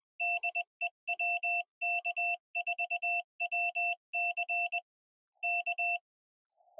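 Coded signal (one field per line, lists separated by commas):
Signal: Morse code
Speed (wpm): 20 wpm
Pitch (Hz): 2700 Hz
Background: none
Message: DE WK4WC K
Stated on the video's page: Morse code from a QRP portable Parks On The Air activation at a two-park site, Yadkin River State Game Land and State Trail.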